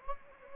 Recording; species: mosquito wingbeat signal from an infrared sensor; Anopheles gambiae